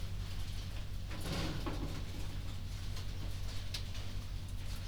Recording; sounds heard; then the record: poultry house recording; no chicken sound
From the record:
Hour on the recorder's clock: 22